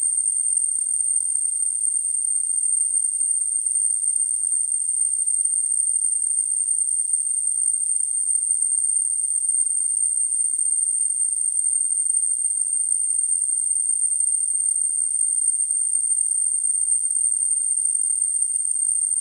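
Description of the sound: A steady, very high-pitched whistling tone with a faint hiss around it continues unchanged for about 19 seconds. It is a simulated tinnitus sound: a synthetic imitation of the constant ringing perceived in the ears with tinnitus.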